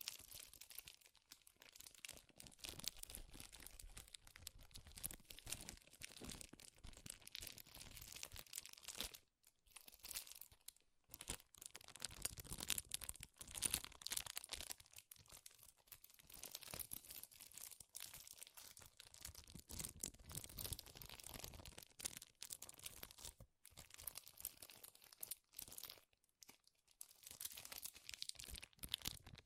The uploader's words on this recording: ASMR Powerful Crinkles to Make You Tingle (No Talking).